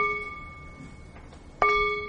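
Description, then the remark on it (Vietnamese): A temple bell is tapped lightly twice to wake it before it is rung. The first soft ring fades away, then a second sharp strike rings out with a clear, sustained metallic tone. No one speaks. “Đó là cái lý do tại sao mà trước khi chúng ta thỉnh chuông, chúng ta phải thức chuông hai cái.”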